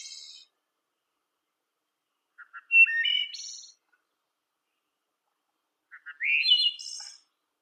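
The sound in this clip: Blackbird phrases: a few short lower notes rising into a higher squeaky twitter, heard twice in full after the tail of an earlier phrase, with long silent gaps between.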